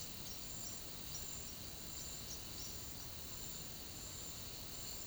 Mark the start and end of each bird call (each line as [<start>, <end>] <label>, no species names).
[0.00, 1.65] bird call